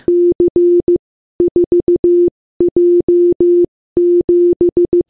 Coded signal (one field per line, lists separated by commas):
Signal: Morse code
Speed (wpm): 15 wpm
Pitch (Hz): 350 Hz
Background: none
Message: C4J7